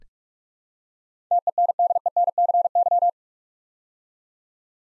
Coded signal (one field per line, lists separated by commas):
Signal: Morse code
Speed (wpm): 44 wpm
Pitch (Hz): 700 Hz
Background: none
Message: TENDENCY